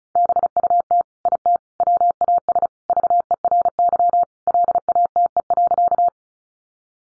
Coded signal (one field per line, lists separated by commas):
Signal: Morse code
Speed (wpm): 34 wpm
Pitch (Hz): 700 Hz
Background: none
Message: BUT IT WAS VERY LATE.